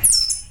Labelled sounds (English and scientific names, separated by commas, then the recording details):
Stitchbird (Notiomystis cincta) song
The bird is a male
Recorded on Tiritiri Matangi Island, New Zealand, in 2005
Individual 21, of nest box 30